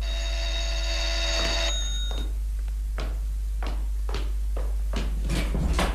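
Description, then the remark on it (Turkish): A sustained bell-like ringing for under two seconds, then a door knocked about six times at a steady, unhurried pace, each rap sharp and loud over a constant low hum. “Önce kapıyı çalıp ihtiyar Aki'yi uyandıralım.”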